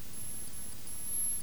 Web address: batlab echolocation rhinhipp